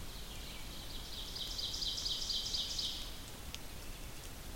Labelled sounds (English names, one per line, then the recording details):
Ovenbird song
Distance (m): 60 m
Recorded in boreal forest in Alberta, Canada, on 2 June 2016 at 06:33
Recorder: SongMeter 3, array SBT-3-7
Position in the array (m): 52 m, 148 m
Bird 4